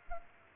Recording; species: mosquito wingbeat signal from an infrared sensor; Culex quinquefasciatus